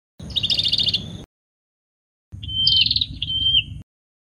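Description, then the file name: Prinia singing two short bursts, a fast buzzy trill, then a flat whistle leading into scratchy pulsed notes, with low background hum. "suara burung perenjak kamboja. omkicau"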